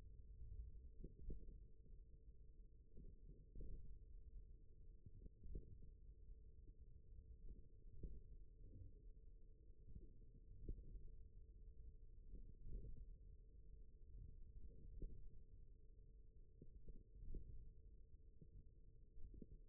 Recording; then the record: forearm muscle sounds (acoustic myography)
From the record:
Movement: thumb flexion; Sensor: system 1, eight BSWA MPA416 microphones around the upper forearm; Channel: 2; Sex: male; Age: 41 years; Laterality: right